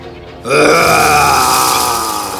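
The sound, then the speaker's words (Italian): A lion's roar in a jungle bursts in after a brief quiet moment: one long, loud, rough growling bellow with rich harmonics, holding steady for about two seconds before easing slightly at the end. “Il suo ruggito era così forte che fece tremare tutte le foglie intorno a lui.”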